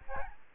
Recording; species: mosquito wingbeat signal from an infrared sensor; Aedes albopictus